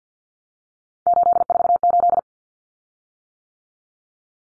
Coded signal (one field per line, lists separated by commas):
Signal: Morse code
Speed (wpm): 50 wpm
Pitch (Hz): 700 Hz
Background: none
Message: 848